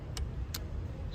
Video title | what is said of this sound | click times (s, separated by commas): 2008 Acura TSX Power Steering Pump O-Rings replacement. | it's a little click | 0.2 s, 0.5 s